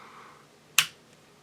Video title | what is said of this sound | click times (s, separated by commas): BUL Armory SAS II Ultralight 3 25 Tabltop Review and Field Strip | positive click down and no over travel very nicely FIT safety that functions | 0.8 s